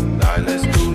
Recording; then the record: coughing mixed with background sound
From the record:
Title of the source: female coughing - coughing sound effects girl